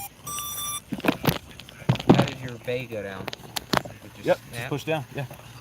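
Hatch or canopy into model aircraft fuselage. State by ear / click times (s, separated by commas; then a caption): not seated / none. A hatch or canopy on a model aircraft is being handled against the fuselage as someone talks, with a steady beeping tone at the start and several short sharp handling knocks. Nothing has seated or clicked into place yet.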